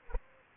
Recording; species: mosquito wingbeat signal from an infrared sensor; Aedes aegypti